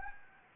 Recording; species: mosquito wingbeat signal from an infrared sensor; Anopheles gambiae